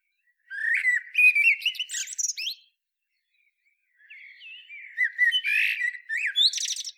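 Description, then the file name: Common blackbird song in two phrases, rich mellow whistles ending in thin high squeaky twittering notes, separated by a short pause. "Turdus merula"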